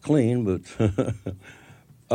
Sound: soundbite of laughter

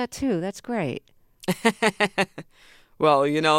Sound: soundbite of laughter

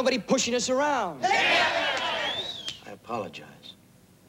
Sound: cheering

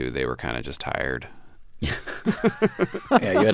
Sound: laughter

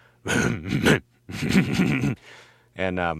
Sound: laughs

